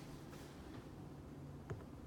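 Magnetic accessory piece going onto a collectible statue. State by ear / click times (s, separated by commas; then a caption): not seated / none. A magnetically attached piece of a 1:3 scale polystone Prime 1 Studio Arkham Knight Catwoman statue is handled near its mount over a steady low hum, with one brief sharp tap at about 1.7 s. Nothing has seated or clicked into place yet.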